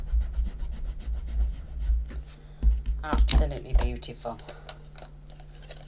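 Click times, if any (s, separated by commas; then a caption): none. A craft stamp part is pressed into its storage case or holder while someone talks, with only soft taps and rubbing heard. Nothing has clicked into place yet.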